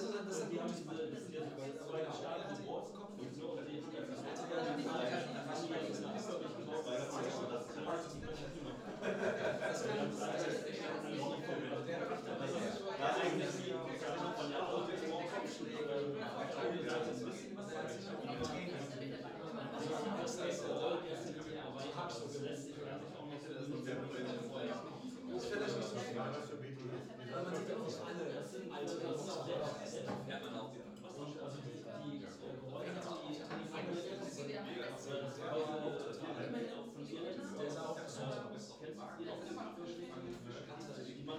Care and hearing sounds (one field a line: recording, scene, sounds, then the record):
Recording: everyday scene through a hearing-aid microphone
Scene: many people talking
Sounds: many voices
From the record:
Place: bistro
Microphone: in the ear canal, left